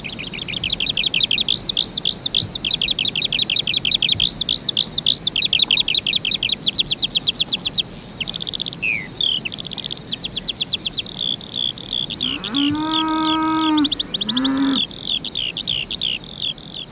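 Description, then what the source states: Eurasian skylark song: a high, rapid stream of trilled and warbled notes throughout; a cow moos twice near the end. Male sings in flight high above the nest, sometimes for a quarter of an hour at a time; summer pasture sound with grazing cattle, from before farming was industrialised.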